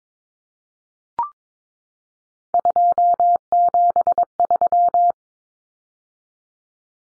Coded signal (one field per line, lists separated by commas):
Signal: Morse code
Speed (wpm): 22 wpm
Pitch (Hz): 700 Hz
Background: none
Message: 273